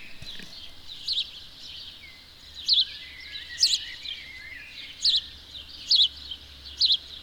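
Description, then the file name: House sparrow chirps, clipped and bright, a second or so apart after a quiet start, over steady outdoor noise. "Passer domesticus"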